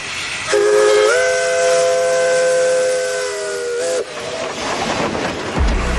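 A steam train whistle blows one long, steady, multi-toned blast that rises slightly in pitch before cutting off, followed by the rumbling, hissing sound of a train rolling along.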